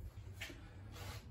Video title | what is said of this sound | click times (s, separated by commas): Mitsubishi Lancer Seats in a VW MK1 Rabbit - will they work? | clicky click | 0.4 s